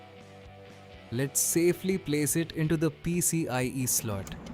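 An Asus Dual RTX 3050 6GB graphics card is being handled and placed into the motherboard's PCIe slot, where the slot latch will lock it to the motherboard. Someone talks over background music throughout. The card has not seated yet and no click has occurred.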